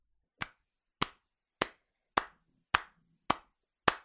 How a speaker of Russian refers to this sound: В следующее мгновение удивительно громкие аплодисменты загремели в воздухе, будто хлопушка.